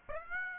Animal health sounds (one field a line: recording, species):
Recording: mosquito wingbeat signal from an infrared sensor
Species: Aedes aegypti